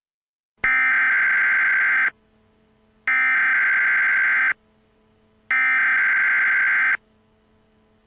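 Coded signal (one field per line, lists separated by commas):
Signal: Emergency Alert System (SAME) tones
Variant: header bursts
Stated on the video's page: Fictional horror EAS scenario, not a real alert.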